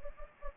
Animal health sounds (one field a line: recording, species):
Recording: mosquito wingbeat signal from an infrared sensor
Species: Anopheles gambiae